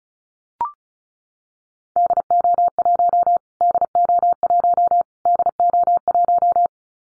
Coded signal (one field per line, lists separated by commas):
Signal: Morse code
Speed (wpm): 34 wpm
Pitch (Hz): 700 Hz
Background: none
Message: DO1 DO1 DO1